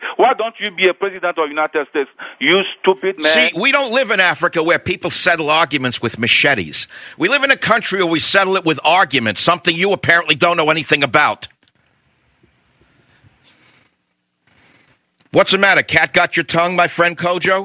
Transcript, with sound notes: Why don't you be a president of the United States, you stupid man --
See, we don't live in Africa where people settle arguments with machetes. We live in a country where we settle it with arguments. Something you apparently don't know anything about. [silence] What's the matter, cat got your tongue, my friend, Kojo?